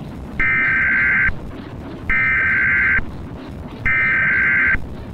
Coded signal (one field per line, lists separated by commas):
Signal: Emergency Alert System (SAME) tones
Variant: header bursts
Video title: EAS Scenario - Earth Is Out of Orbit - Emergency Alert System